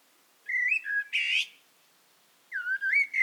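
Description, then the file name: Eurasian blackbird song: a fluted whistle phrase with a scratchy high ending, a short pause, then another mellow warbled phrase starting. "Turdus merula"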